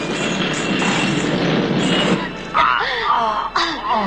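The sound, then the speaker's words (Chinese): A bomb explodes at a department store just as two people run out: a loud, sustained blast roars with dense noise for about two seconds, then fades into wailing, cawing cries and voices. “在两人奔出百货公司的最后一刻，炸弹爆炸了”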